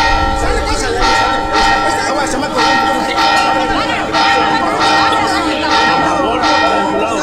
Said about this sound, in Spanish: ¿Por qué están llamando con la campana?